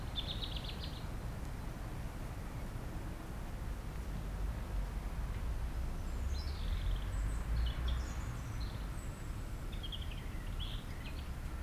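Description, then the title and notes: European robin song: thin, high, varied phrases opening briefly, then a cluster of scratchy, warbled fragments in the second half, over a steady low rumble of wind. Robin singing nearby in sunshine on a sloping lawn by Châtillon beach, Chindrieux, France, sheltered from the north wind, with wind murmuring in the trees. "80 Chem. des Rubellines, 73310 Chindrieux, France - rouge gorge. Au soleil sur la pelouse en pente de la plage de Châtillon , à l'abri du vent du Nord , un rouge gorge chante non loin , rumeur du vent dans les arbres"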